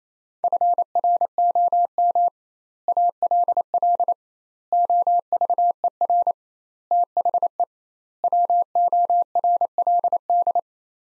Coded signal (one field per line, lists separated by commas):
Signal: Morse code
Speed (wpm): 28 wpm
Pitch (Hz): 700 Hz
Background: none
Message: FROM ALL OVER THE WORLD